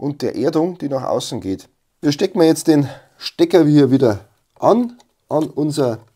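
During a repair of a Dual Golden One turntable, the plug carrying the RCA cable and ground leads is being fitted back onto the circuit board of the tonearm base, where it should be pushed in until it latches. Someone talks throughout, in bursts separated by short pauses, and no distinct click is heard. Nothing has seated or clicked yet.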